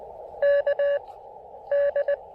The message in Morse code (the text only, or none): K D